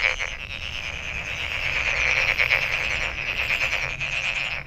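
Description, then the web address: Steady chorus of frogs, a dense, buzzy high-pitched pulsed trilling running throughout. Recorded 23 May 2008. "misc sound frog frog 20080523"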